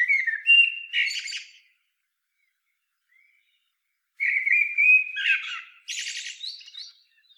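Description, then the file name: Eurasian blackbird singing two phrases separated by a pause, each of clear fluty whistles ending in a burst of high, squeaky, chattering notes. "Turdus merula"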